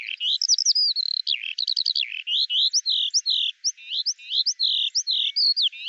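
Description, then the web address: Eurasian skylark song: quick trills followed by a steady stream of sharp rising chirps and whistles, continuous and high. "cianscape birddata Deverinetal 2025 Bird Al Ar"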